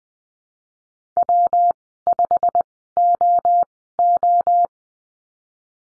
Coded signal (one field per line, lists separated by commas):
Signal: Morse code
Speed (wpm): 20 wpm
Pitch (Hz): 700 Hz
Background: none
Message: W5OO